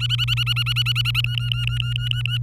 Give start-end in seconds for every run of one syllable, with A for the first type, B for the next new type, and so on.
0.00-1.21 A, 1.24-2.38 B